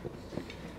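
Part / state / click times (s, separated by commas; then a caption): lid on pressure cooker pot / not seated / none. A metal lid is set on a stovetop pressure cooker pot filled with chicken and water and turned to lock it closed, giving faint handling knocks with a short, sharp tap around 0.5 s. The clip ends before the lid locks into place, so nothing has seated yet.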